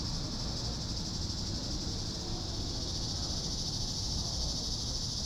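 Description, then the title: Cicadas buzzing steadily at high pitch beneath broad rushing background noise throughout. "neoscenes: cicadas"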